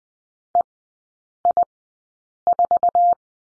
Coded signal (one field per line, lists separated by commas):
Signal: Morse code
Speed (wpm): 20 wpm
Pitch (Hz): 700 Hz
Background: none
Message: EI4